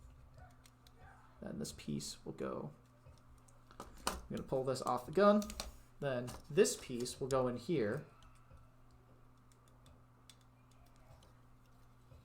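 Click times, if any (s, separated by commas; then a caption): 10.3 s. Someone talks while pulling the gun assembly apart on an MG Gunner Zaku Warrior plastic model kit, followed by faint handling clicks as a plastic piece is pushed into its socket at the gun arm joint of the weapon arm. The part pops into place and is seated with a sharp click at 10.3 s.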